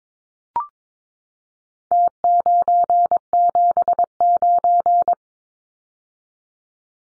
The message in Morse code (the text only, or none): T979